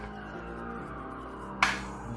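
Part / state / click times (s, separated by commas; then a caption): handgun into a molded holster / seated / 1.6 s. Over steady background music, a handgun is pushed into a molded appendix holster, and a single sharp click sounds at 1.6 s as the holster's retention engages. The pistol is seated and secured in the holster.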